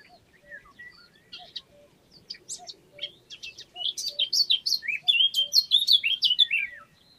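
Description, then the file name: Eurasian blackcap song opening with soft scattered chirps and twitters, then swelling into a rich, loud fluty warble with slurred whistles before fading, over light background hiss. "Sylvia atricapilla"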